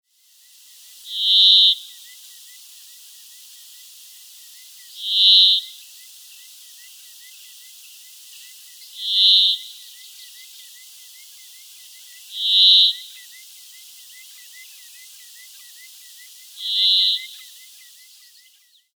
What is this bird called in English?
Brambling